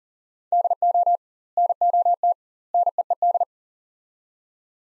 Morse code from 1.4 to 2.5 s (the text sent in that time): NOT